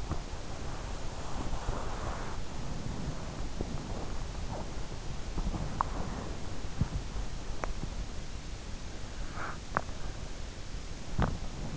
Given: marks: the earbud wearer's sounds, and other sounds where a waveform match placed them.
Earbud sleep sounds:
sounds in sleep by an in-ear microphone; body movement
0.00-11.77 s: body movement

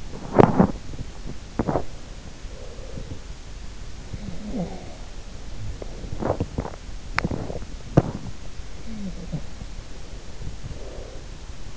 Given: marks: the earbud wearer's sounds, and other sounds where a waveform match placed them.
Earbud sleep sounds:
sounds in sleep by an in-ear microphone; teeth grinding, breath
0.00-2.17 s: teeth grinding
3.88-5.54 s: sound from someone else or the room
6.00-8.69 s: teeth grinding
8.92-11.77 s: breath

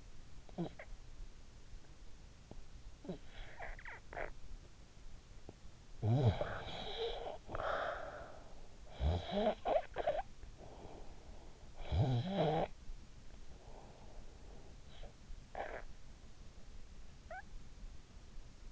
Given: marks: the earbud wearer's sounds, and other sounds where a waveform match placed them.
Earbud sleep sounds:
sounds in sleep by an in-ear microphone; snoring breath
0.32-1.12 s: snoring breath
2.66-4.72 s: snoring breath
5.80-13.32 s: snoring breath
15.26-16.12 s: snoring breath

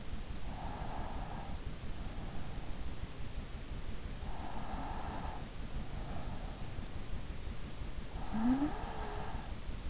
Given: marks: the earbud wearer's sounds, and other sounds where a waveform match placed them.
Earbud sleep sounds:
sounds in sleep by an in-ear microphone; breath, snoring breath
0.00-2.11 s: breath
4.22-5.99 s: breath
7.82-9.85 s: snoring breath

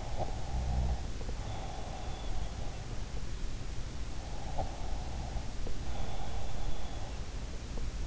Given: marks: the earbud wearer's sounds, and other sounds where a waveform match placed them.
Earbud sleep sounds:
sounds in sleep by an in-ear microphone; breath
0.00-2.82 s: breath
4.43-7.26 s: breath

